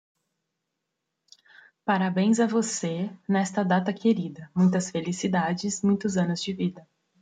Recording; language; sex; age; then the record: short text; Brazilian Portuguese; female; 20 to 29 years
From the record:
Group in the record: control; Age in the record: 27 years